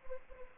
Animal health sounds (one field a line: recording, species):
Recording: mosquito wingbeat signal from an infrared sensor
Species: Anopheles arabiensis